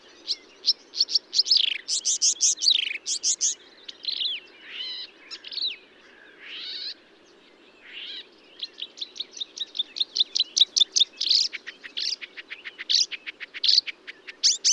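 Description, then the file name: Marsh warbler song of slurred whistles, rising and falling notes and nasal phrases, then a long fast sequence of sharp ticks and chirps; soft background hum throughout. Recorded at Bonnevaux on 31 May 2009 at 05:35, early morning. "Rousserolle verderolle 20090531 0535 25 Bonnevaux"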